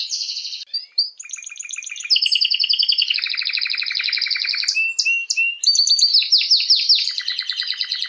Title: Esquente Seu Filhote E Canario Belga Macho Cantando Muito. Canrio Belga RAIDEN Cantando Muito - Esquente seu Canrio Belga